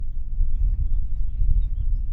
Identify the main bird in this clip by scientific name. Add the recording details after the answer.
Haemorhous mexicanus. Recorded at Neponsit on Long Island, New York, on 4 June 1975. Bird A